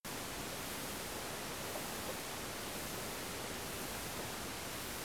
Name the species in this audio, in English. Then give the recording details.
none. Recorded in France